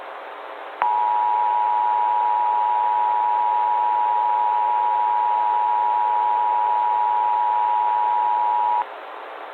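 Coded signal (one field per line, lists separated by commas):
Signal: Emergency Alert System (SAME) tones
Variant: 853 and 960 Hz attention tone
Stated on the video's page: Fictional analog-horror EAS scenario whose tones are described as valid EAS tones, made with software tools.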